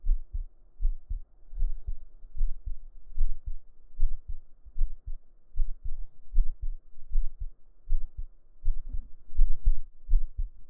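Steady low thumping heartbeat at about 77 beats a minute, heard close against a chest, muffled by fabric.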